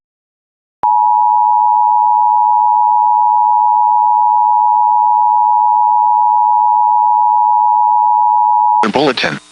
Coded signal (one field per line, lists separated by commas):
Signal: Emergency Alert System (SAME) tones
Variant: 853 and 960 Hz attention tone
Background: speech